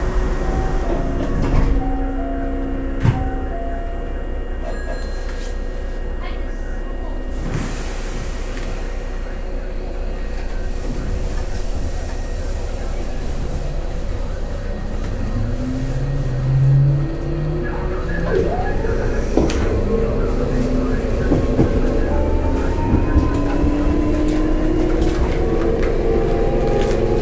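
A local train on the Kobe Line runs with a steady low rumble, sharp clacks, and a rising motor whine near the end.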